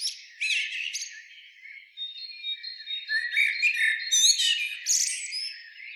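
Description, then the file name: Common blackbird calls: a squawky opening burst, a short lull, then sustained scratchy chattering and twittering notes with a faint steady high tone. "Turdus merula"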